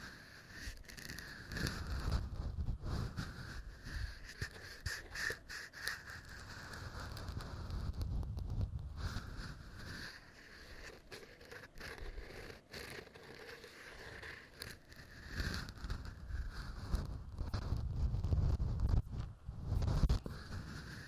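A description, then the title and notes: Ear cleaning: a continuous muffled rubbing with a deep rumble, broken by frequent crisp crackles and scratchy clicks. The scraping swells and eases in waves, loudest around the middle and again near the end. Ear Cleaning.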